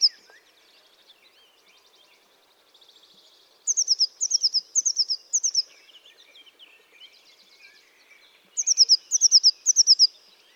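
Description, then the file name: Eurasian blue tit calling in short, very high bursts of sharp descending notes, two clusters several seconds apart, with softer buzzy twittering and chirps filling the gaps. "Cyanistes caeruleus"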